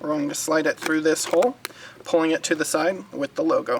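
A plastic mount tab is being slid through the hole in a Rokblokz mud flap for a 2022+ Hyundai Santa Cruz and pulled toward the logo side while someone talks. The clip ends before the tab goes home, and nothing has seated or clicked yet.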